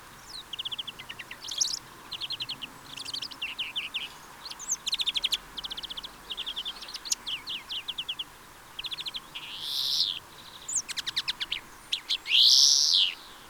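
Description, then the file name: European greenfinch twittering almost constantly in rapid trills and chirps, with buzzy wheezes toward the end, the last long and loud. "Chloris chloris"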